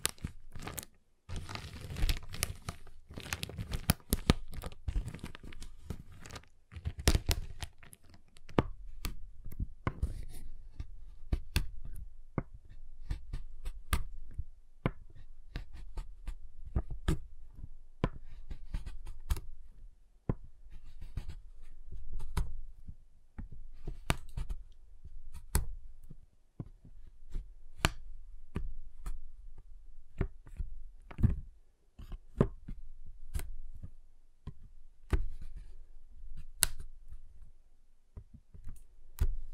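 A giant chocolate bar is handled, tapped and broken, with sharp crisp snaps and crinkling bursts crowding the first ten seconds. After that the sounds thin into scattered clicks and cracks every second or so, with short rustling stretches and low thumps underneath.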